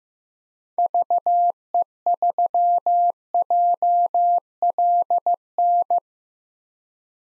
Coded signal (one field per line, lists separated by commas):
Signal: Morse code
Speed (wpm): 15 wpm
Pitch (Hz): 700 Hz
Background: none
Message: VE3JLN